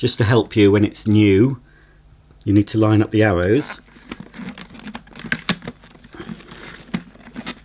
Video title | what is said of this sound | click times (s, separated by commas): Vax ONEPWR Blade 4 Pet Cordless Vacuum Cleaner Unboxing & First Look | all a bit fiddly i have to say there we go it's clicked into place so once | 5.3 s, 5.5 s